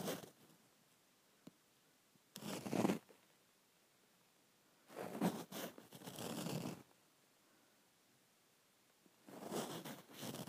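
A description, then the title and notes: Lotion being squeezed and shaken from a nearly empty bottle in short rustling, sputtering bursts at about 2, 5–7 and 9.5 seconds, separated by silence. ASMR Getting Lotion out of the Bottom of the Bottle.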